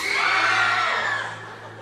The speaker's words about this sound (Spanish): ¿Estás casada, nena? ¿Y nunca has gritado así en tu casa?